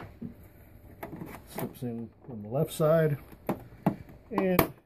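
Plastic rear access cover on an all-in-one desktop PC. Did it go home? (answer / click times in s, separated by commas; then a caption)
no / none. The plastic rear access cover of an HP TouchSmart 520 all-in-one desktop PC is handled and slid in from the left side while someone talks, with brief sharp knocks at about 1.0, 3.5 and 3.9 seconds. Nothing has seated or clicked yet; the cover is not yet home by the end of the clip.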